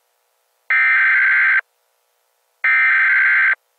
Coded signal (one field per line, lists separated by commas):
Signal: Emergency Alert System (SAME) tones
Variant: header bursts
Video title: EAS - Hostile Alien Invasion